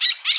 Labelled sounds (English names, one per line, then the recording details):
Brown-throated Parakeet contact call
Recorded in Bonaire
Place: just S of turnoff to Cai, near Lac Bay
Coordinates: 12.126, -68.239